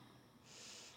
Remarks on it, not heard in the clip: The apparatus I use is really a little pump, a plastic pump which sits behind my neck and goes into my nose. And it decides how many breaths I should take per minute because my diaphragm is no longer strong enough to do that unaided. If someone put a couple of plastic tubes up your nose and then a strap around your head.